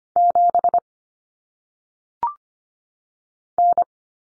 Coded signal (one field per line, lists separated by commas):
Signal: Morse code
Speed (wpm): 25 wpm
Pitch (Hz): 700 Hz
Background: none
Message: 7 N